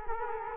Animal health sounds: mosquito wingbeat signal from an infrared sensor; Culex quinquefasciatus

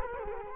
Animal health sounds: mosquito wingbeat signal from an infrared sensor; Culex quinquefasciatus

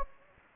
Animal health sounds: mosquito wingbeat signal from an infrared sensor; Anopheles gambiae

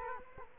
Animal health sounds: mosquito wingbeat signal from an infrared sensor; Culex quinquefasciatus

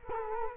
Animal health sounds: mosquito wingbeat signal from an infrared sensor; Culex quinquefasciatus

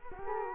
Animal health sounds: mosquito wingbeat signal from an infrared sensor; Culex quinquefasciatus

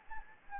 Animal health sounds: mosquito wingbeat signal from an infrared sensor; Anopheles gambiae

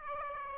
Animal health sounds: mosquito wingbeat signal from an infrared sensor; Aedes aegypti

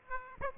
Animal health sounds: mosquito wingbeat signal from an infrared sensor; Aedes aegypti

